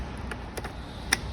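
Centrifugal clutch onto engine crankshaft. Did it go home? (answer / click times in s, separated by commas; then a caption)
yes / 1.1 s. A go-kart centrifugal clutch, part of a GX200 transmission clutch replacement, is pushed onto the engine crankshaft with its keyway lined up to the key. Faint ticks come at about 0.3 s and 0.6 s, then a sharp click at 1.1 s as the clutch seats home on the keyed shaft.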